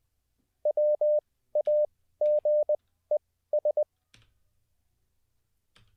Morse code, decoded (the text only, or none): WAGES